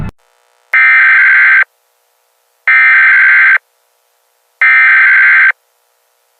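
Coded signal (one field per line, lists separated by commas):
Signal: Emergency Alert System (SAME) tones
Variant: header bursts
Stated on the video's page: Fictional EAS scenario with added music.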